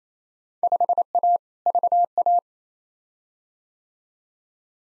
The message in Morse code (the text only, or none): 5A VA